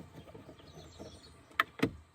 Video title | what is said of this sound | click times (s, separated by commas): Ventilador aire acondicionado coche 👉 NO FUNCIONA !! | aquest va amb un clic que dóna mig gir i surt cap a fora | 1.6 s